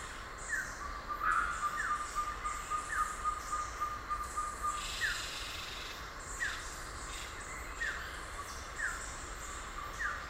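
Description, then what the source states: Ferruginous pygmy owl tooting in a quick, steady run of whistled notes for a few seconds, with repeated downslurred chirps and pulsing high-pitched insect buzzing around it. Recorded on 30 October 2001.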